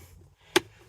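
On a 2020 Hyundai Tucson, after the cabin filter cover is refitted and the glovebox is lifted back up, the small plastic glovebox damper arm is popped back onto its mounting peg on the glovebox side. A single sharp, loud click sounds at 0.6 s against a quiet background, and the arm is seated.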